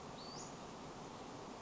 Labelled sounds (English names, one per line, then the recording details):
Western Flycatcher
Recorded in Sonoma County, California